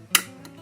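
A stainless screw is tightened snug into an aluminum shoulder on a rifle range-indicator housing, giving a sharp snap or crack at 0.2 s that shows it is seated and won't come loose. A much fainter tick follows at 0.5 s over a low background hum.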